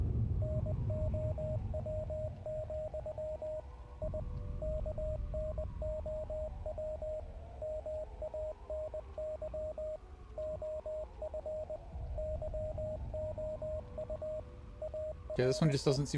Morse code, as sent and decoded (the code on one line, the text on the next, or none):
-. --- .-- --..-- / .. / -.- -. --- .-- / -- .- -. -.-- / --- ..-. / -.-- --- ..- / .- .-. .
NOW, I KNOW MANY OF YOU ARE